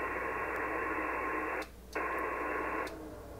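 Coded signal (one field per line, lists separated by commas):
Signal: HF data modem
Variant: PACTOR-III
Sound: dense wideband hiss-like data burst, a short break, then another data burst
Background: radio static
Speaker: how robust the Packour protocol is that even with all that static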